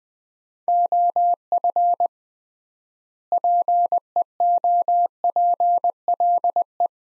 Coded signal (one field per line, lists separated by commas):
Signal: Morse code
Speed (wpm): 21 wpm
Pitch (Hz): 700 Hz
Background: none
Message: OF PEOPLE